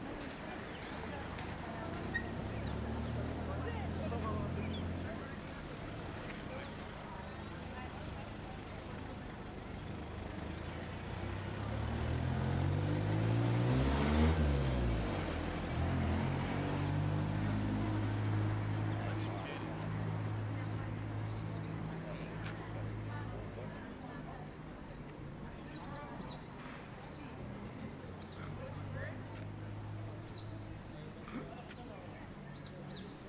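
A walk around Willemstad, Curacao, with a constant low rumble of traffic and indistinct voices throughout. Around 12 to 16 seconds a vehicle passes, swelling louder with a rising then falling pitch before fading back into the steady street murmur.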